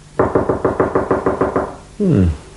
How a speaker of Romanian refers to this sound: Și totuși, uite că bate cineva.